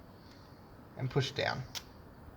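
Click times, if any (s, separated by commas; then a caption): none. A small metal retaining clip on a diesel injector line fitting of a 4JJ1 engine is handled, squeezed in and popped over, ready to be pushed down. Someone talks briefly over a quiet background, and a short faint tap is heard near 1.8 s. Nothing has seated or clicked yet.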